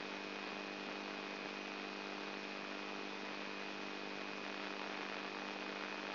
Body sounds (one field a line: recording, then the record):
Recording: brain microelectrode recording played as sound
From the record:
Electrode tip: inside the subthalamic nucleus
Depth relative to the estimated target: -2 mm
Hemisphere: right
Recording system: AlphaMap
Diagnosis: Parkinson's disease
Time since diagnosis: 12 years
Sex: female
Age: 59 years